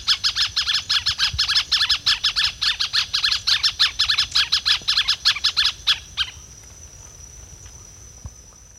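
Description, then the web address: Bird song of rapid, harsh, buzzy repeated notes for about six seconds, then stopping, leaving a thin steady high whine. "cantos espirojiza"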